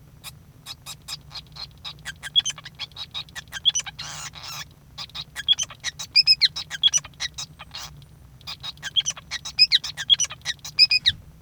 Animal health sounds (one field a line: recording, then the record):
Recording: song of a male Bengalese finch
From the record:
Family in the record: son of father 5